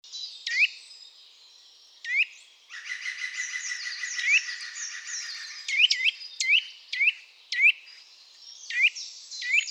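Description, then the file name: Eurasian nuthatch giving sharp, upslurred 'twit' calls, repeated at irregular intervals, with a dense high twittering through the middle. "Sitta europaea"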